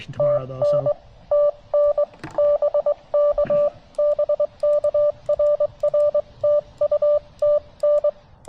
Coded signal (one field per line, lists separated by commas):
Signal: Morse code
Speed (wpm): 22 wpm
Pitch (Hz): 590 Hz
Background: speech, radio noise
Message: TN TN BK BK RR TU TN